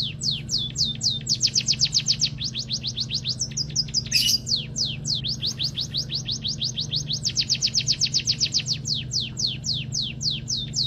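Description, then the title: Munia singing continuous series of high, falling chirps, speeding into dense trills and slowing again, with a brief click near the middle and low background hum. Tirelessly chattering emprit song, used as a model recording for training songbirds. "Kicau Emprit Ngoceh Tak Kenal Lelah Untuk Masteran"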